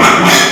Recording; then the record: squeal of a Yucatan mini pig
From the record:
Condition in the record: before surgery on the right vocal fold (resection and tissue-engineered implant); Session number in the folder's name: 2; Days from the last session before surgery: 0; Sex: male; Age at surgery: 12 weeks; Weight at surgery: 13 kg